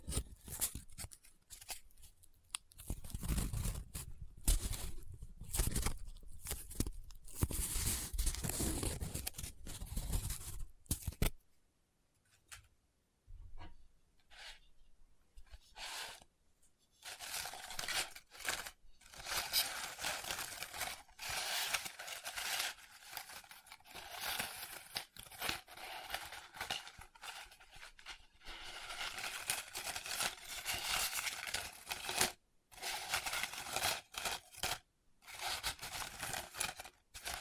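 Close-up paper crinkling, rubbing and scratching, dense and crackly for ten seconds, then a pause and sparser, irregular rustles continuing.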